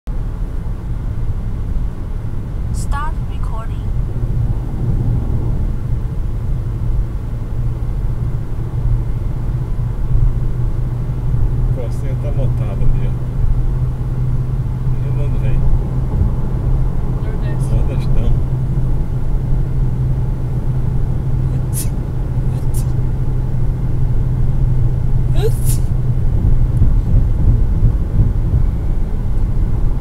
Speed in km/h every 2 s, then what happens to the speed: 113, 112, 113, 116, 119, 119, 123, 125, 125, 124, 124, 123, 122, 122, 124.
0-14 speeds up to 125. 14-30 steady at about 124.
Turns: none.